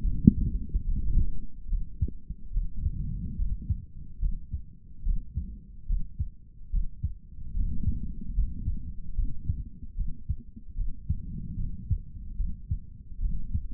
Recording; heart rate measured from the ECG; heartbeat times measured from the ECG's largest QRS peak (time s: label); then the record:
heart sounds by stethoscope; 73 bpm
0.02 s: heartbeat
0.84 s: heartbeat
1.68 s: heartbeat
2.51 s: heartbeat
3.36 s: heartbeat
4.19 s: heartbeat
5.03 s: heartbeat
5.87 s: heartbeat
6.70 s: heartbeat
7.53 s: heartbeat
8.35 s: heartbeat
9.15 s: heartbeat
9.95 s: heartbeat
10.75 s: heartbeat
11.56 s: heartbeat
12.37 s: heartbeat
13.20 s: heartbeat
From the record:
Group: healthy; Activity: rest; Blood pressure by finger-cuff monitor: 104/71 mmHg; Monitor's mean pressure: 80 mmHg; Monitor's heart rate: 73 bpm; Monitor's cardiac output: 3.5 L/min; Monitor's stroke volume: 47 mL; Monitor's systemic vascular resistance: 1680 dyn s/cm5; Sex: male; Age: 55 years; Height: 167 cm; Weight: 57.2 kg